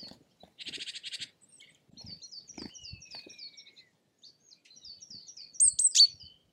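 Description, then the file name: Bird song with a buzzy trill, a run of repeated high slurred notes, a long thin descending whistle, and a loud high flourish near the end. "ptaki"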